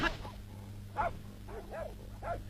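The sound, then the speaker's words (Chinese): A dog barks in a series of short, yelping bursts, about five spaced unevenly, with a slightly whiny, rising-and-falling pitch over a steady low hum. “快，快把狗藏起来！”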